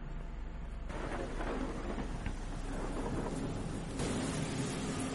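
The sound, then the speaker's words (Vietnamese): Heavy rain hisses steadily with gusting wind outside while deep thunder rumbles low and continuously underneath, the storm swelling louder about a second in and again near the end, with no voices. “vẫn cứ vang lên trong tiếng gió, tiếng mưa ở bên ngoài, càng làm cho không khí thêm ảm đạm.”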